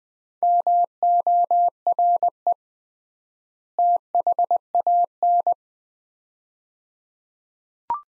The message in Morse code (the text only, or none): MORE THAN